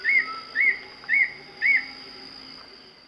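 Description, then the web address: Brown nunlet song: four high, arched whistled notes, each rising then falling, spaced about half a second apart. Eastern lowlands of South America. "Natures Songs S America Eastern Lowlands. Brown Nunlet"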